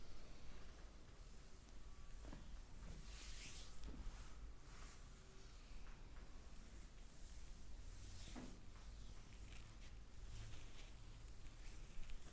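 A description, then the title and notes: A body massage with soft rubbing and rustling against a steady low rumble that runs throughout. Brighter swishing strokes rise around the fourth and eighth seconds, with fainter brushing between them, and a faint thin tone hums briefly early on. ASMR very relaxing body massage Massage Therapy.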